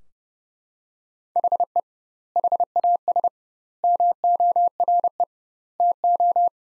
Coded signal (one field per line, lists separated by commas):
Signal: Morse code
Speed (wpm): 30 wpm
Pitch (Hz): 700 Hz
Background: none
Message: HE HAS MORE TO